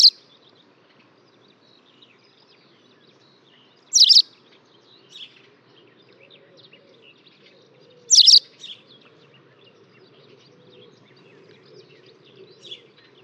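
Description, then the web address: White wagtail giving sharp, high chirps, single notes spaced about four seconds apart, with a faint lower twitter between them over quiet background hiss. "fugler linerle"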